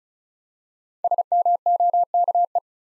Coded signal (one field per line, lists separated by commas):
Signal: Morse code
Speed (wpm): 36 wpm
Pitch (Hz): 700 Hz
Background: none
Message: SMOKE